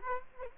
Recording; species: mosquito wingbeat signal from an infrared sensor; Culex quinquefasciatus